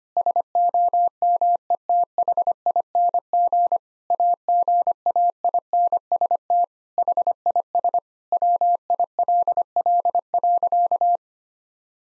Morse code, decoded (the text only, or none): SOMETHING AGAINST HIS WILL.